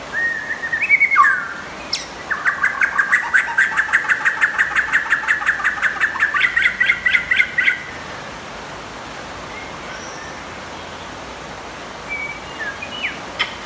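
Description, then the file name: White-rumped shama song: a fast run of harsh, pulsed repeated notes for about five seconds, opening and closing with short whistles, over a steady low hiss. Champion bird from a singing contest. "suara murai batu juara lomba"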